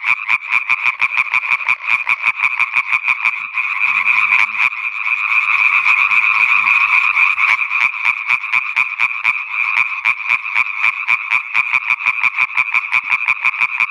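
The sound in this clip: Italian tree frog calling, rapid pulsed croaks in a continuous loud series throughout.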